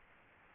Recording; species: mosquito wingbeat signal from an infrared sensor; Aedes aegypti